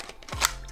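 A short replica Hi-Capa pistol slides into a hard holster with a retention latch, with soft scraping and a dull low thump as it goes in. A sharp, bright click at 0.5 s marks the pistol locking into the latch, and it is seated.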